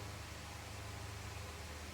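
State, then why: Not seated. A plastic wiring harness plug is pushed onto the connector of an aftermarket Daymaker LED headlight being installed on a 2006 Heritage motorcycle. Only a steady broadband hiss with a low hum is heard, with no distinct transients. Nothing has seated or clicked yet.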